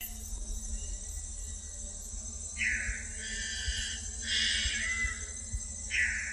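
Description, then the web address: Bornean bristlehead giving a few scattered, rasping calls after a quiet start, with a constant high insect drone and a low hum beneath. Recorded in Danum Valley, Borneo, on 27 March 2007. "DANUM 20070327 bristlehead"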